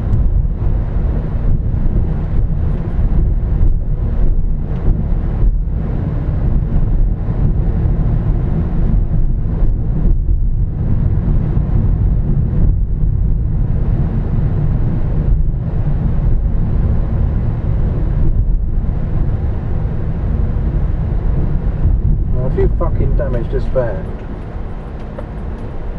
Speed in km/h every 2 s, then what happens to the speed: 24, 21, 21, 24, 27, 31, 29, 26, 23, 21, 19, 18, 10.
0-5 steady at about 21. 5-11 speeds up to 31. 11-26 slows to 10.